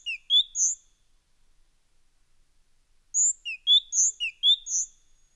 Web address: fugle stemmer Musvit